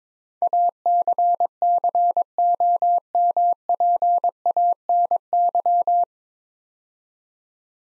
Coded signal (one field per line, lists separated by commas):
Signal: Morse code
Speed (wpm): 22 wpm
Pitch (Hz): 700 Hz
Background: none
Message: ACCOMPANY